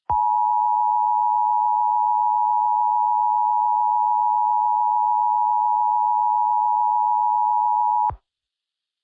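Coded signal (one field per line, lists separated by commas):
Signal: Emergency Alert System (SAME) tones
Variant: 853 and 960 Hz attention tone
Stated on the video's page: Fictional EAS scenario, not a real alert, using synthesized sirens for a shelter-in-place warning.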